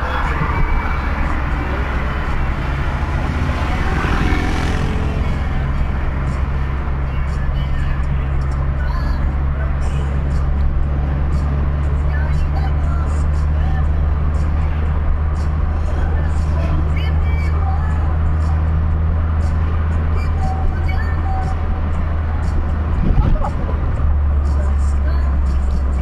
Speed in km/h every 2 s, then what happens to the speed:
61, 61, 61, 62, 63, 64, 69, 70, 71, 73, 72, 70, 60.
0-9 steady at about 61. 9-19 speeds up to 73. 19-26 slows to 60.